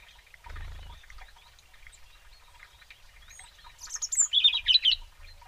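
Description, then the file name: European robin delivering a brief high, tinkling phrase of rapid twittering notes near the end, after a soft low thump and faint background chatter. "Erithacus rubecula"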